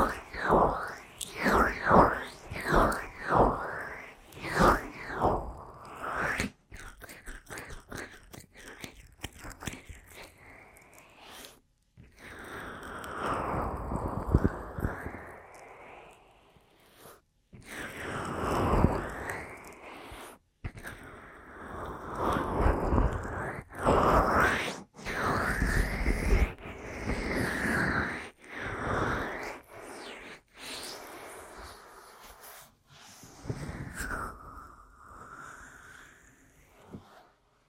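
Aggressive ear massage and tapping: quick rhythmic taps in the first six seconds give way to long rubbing, scratching swishes that rise and fall in bursts. Textures are crisp and bright, with brief silent gaps between passages and a softer rub near the end.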